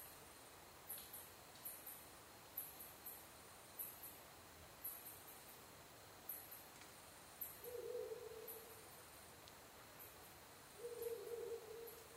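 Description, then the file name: Ural Owl hooting twice, each a low, steady note of about one second, three seconds apart, with repeated high-pitched ticks and background hiss. Recorded 23 October 2011 at 17:20. "fukurou yamakoumori-20111023-1720"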